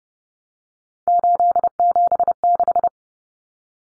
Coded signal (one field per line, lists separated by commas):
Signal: Morse code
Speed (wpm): 30 wpm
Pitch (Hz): 700 Hz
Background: none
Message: 876